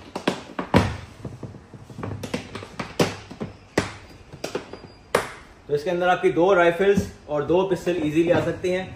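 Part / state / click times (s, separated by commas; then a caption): latches on a hard rifle case lid / seated / 0.3 s, 0.6 s, 3.8 s, 5.1 s. Latches on a hard rifle case lid are snapped over as the lid is shut and fastened, giving sharp clicks at 0.3, 0.6, 3.8 and 5.2 seconds, with softer taps in between. The case closes and locks, and afterward someone talks.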